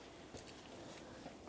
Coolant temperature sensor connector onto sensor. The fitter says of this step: Line it up. Press it in. Listen for an audible click. A light tug confirming that's secured in place.